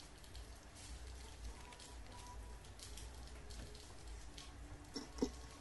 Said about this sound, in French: J'espère que vous n'avez pas de bruit de fond ici parce qu'il pleut ici actuellement.